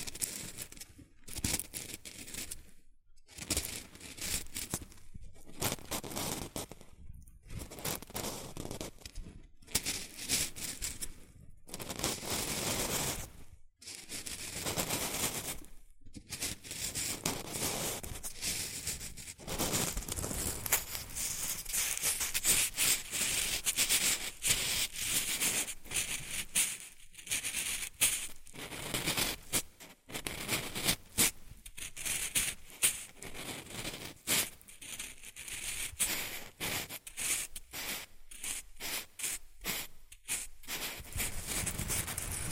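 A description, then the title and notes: Rustling and crinkling fills the whole stretch, a dense, jittery crackle that stays bright and busy from start to finish. Brief near-silent gaps break it up every few seconds, most clearly around 3, 14, 16, 27 and 30 seconds, before the scratchy handling resumes. ASMR Rustling and Crinkle Sounds.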